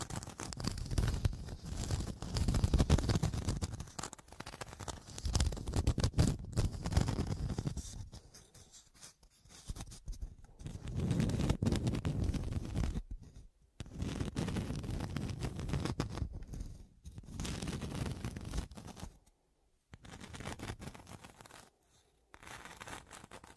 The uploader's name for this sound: Pure Scratching